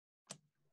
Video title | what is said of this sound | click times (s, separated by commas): Differences between RS Logix 500 and Studio 5000 | and when you get that snap right there that little release | 0.3 s